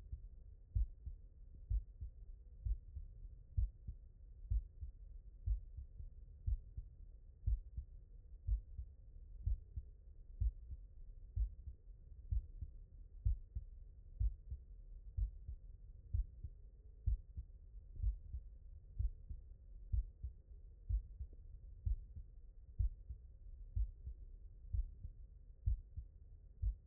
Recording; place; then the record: heart sounds by stethoscope; mitral valve (MV)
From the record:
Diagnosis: non-HFrEF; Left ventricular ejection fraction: 68%